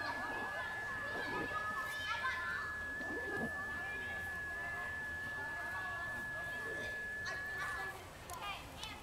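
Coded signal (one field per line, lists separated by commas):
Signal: FT8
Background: speech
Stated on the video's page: Summits on the Air activation at Lassen Volcanic National Park, QRP.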